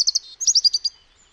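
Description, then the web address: European robin song phrase: a quick run of high, thin twittering notes with trills, lasting under a second, then quiet. "Deverinetal 2025 File origin Bird Only Er Ru"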